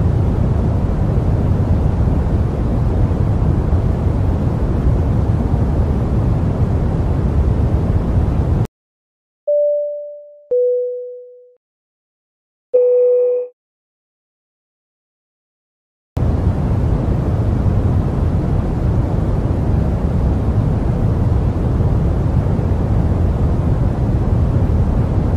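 Steady low airplane cabin roar fills the opening and closing seconds, broken midway by silence holding three soft, clear chime dings around ten to thirteen seconds.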